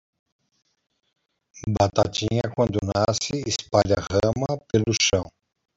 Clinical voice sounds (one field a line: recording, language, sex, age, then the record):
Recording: short text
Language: Brazilian Portuguese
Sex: male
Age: 60 to 69 years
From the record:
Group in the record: control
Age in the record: 64 years